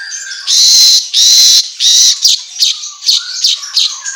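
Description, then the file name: Asian golden weaver producing three loud wheezy buzzes in a row, then shorter choppy rasping notes. Intended for training songbirds, in the Indonesian 'auto gacor' style of vigorous, nonstop chirping. "Suara Kicau Manyar Kepala Emas Auto Gacor"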